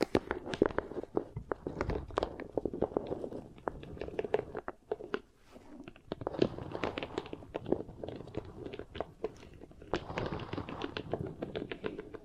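Beeswax is pressed and worked against the ear, making a dense run of sticky crackles and soft taps. The clicks come quickly and unevenly throughout, with a low muffled rumble underneath, briefly thinning out around the five-second mark before picking back up.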